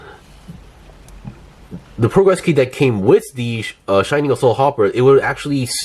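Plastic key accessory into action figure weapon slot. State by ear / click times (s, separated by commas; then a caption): not seated / none. A thin plastic closed key accessory is tried in an action figure's plastic weapon slot, with faint handling taps around 1.1 and 1.3 s before someone talks from about 2 s on. Being so small and thin, the key does not lock in and falls right out, so nothing has seated or clicked, unlike an older key that locked in place and stayed stuck.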